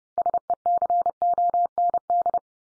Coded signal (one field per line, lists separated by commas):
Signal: Morse code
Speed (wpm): 30 wpm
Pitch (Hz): 700 Hz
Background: none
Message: SECOND